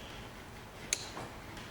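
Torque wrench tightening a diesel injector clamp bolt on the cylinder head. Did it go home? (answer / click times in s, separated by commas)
yes / 0.9 s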